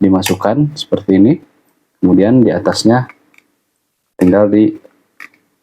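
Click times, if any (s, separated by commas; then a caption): 5.2 s, 5.3 s. A detachable plastic back belt clip is slid onto the back of a Hytera PNC380 handheld two-way radio and locked at the top with its snap catch, while someone talks. Two short, sharp clicks at 5.2 and 5.3 seconds mark the clip snapping into place, and it is locked onto the radio.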